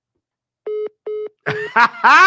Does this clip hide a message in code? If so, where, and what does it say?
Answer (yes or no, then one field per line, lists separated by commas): no